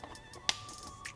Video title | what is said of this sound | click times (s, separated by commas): How to Install TST LED Front Pod Turn Signals on 2025+ Yamaha YZF-R3 by TST Industries | And you always want to hear an audible click, | 0.5 s